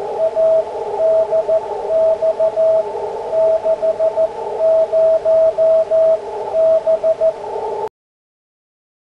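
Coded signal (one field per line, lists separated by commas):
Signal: Morse code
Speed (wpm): 15 wpm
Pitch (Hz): 650 Hz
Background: radio noise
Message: A DX60B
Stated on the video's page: 40 m CW QSO on an ICOM IC-7300, on-air demo.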